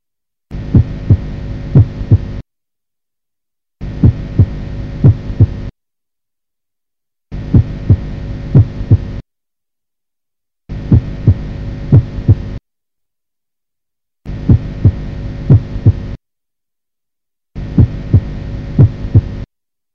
The accentuated first heart sound is due to mitral stenosis.